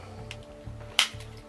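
The plastic rotating carriage of a Bruder Cat toy telehandler is pushed to its stop and snapped onto the second hinge pin of the boom, under a steady low hum. Two sharp plastic snaps sound at 0.3 s and a louder one at 1.0 s, and the carriage is now seated and hinged.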